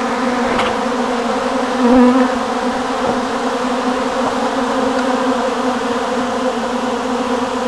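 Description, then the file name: Bees buzzing in a steady, dense drone with a low hum and bright overtones, swelling briefly near the second second, plus a few faint clicks. "abejas zumbando"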